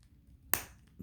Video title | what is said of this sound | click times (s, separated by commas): Did Bandai make a better Power Ranger than Hasbro? | it on you'll hear a snap now the hands are tricky | 0.5 s